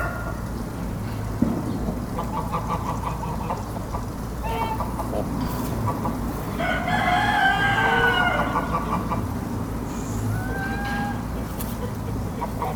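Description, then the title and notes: Rooster gives a strong, wavering crow midway among fainter calls, over a low rumbling background throughout. Rooster beside a stream at a farmstead in Besnate, Italy, recorded 11 December 2018. "Besnate - Cascina Pasque' - 20181211-Oche e un gallo presso un ruscello"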